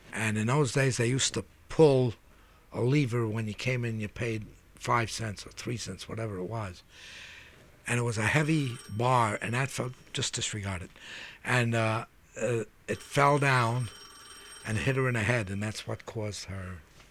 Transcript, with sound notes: And in those days they used to pull a lever when you came in and you paid five cents or three cents or whatever it was. And it was a heavy bar, [Telephone rings] Just disregard it. And it fell down and hit her in the head and that's what caused her